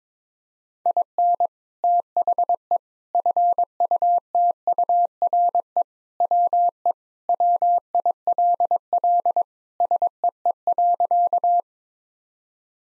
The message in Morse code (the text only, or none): IN THE FUTURE WE WILL SEE.